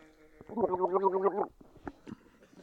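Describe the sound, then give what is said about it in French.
A person gargles a liquid held in the mouth, head tilted back and mouth open: a throaty, bubbling gargle lasting about a second, a steady voiced tone rippling rapidly, followed by a few faint wet clicks and mouth sounds. “Les gargarismes, c'est quand vous prenez un liquide, que vous le mettez dans votre bouche, que vous n'avalez pas, et qu'ensuite vous penchez la tête en arrière, vous ouvrez votre bouche, et que vous faites un truc qui ressemble approximativement à...”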